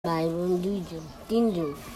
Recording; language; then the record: elicited speech; Bengali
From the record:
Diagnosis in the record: Broca's or global aphasia after a stroke